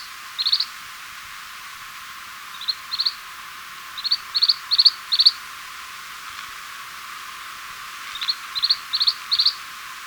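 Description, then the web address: White-chinned thistletail song: short, high chattering notes in bursts of several, pausing between groups, over a faint steady hiss. Recorded in Ecuador. "Birds of Ecuador 2. White-Chinned Thistletail"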